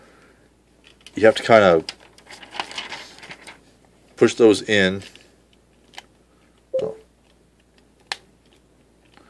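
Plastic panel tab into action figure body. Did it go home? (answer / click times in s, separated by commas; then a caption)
yes / 8.1 s. A loose plastic panel section on top of a Transformers Generations IDW Autobot Springer action figure is pushed back in, its tab going into the figure body, while someone talks. Soft plastic handling taps follow, then a sharp loud snap at 8.1 s as the panel seats into place.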